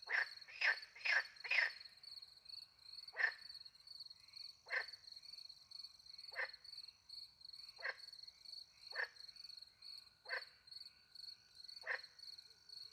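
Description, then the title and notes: Frog croaks begin in a quick run of four, then slow to single rasping calls every second or two, with crickets shrilling throughout. Frogs with crickets, countryside by night near a little pond, France; microphones hidden in a tree, two Usi pro mics into a Mixpre 10 II recorder. "Frogs and crickets, France. Frogs and crickets in the countryside by night. The microphones were hidden in a tree close to a little pond"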